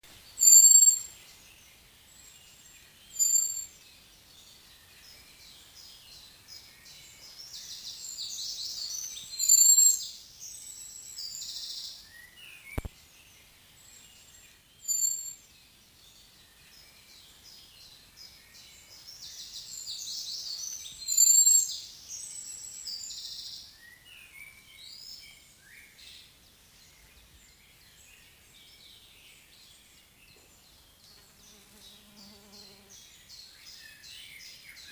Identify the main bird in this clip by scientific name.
Turdus merula